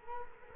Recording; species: mosquito wingbeat signal from an infrared sensor; Culex quinquefasciatus